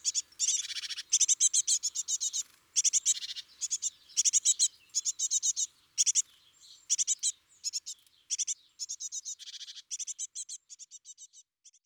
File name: Mesange charboniere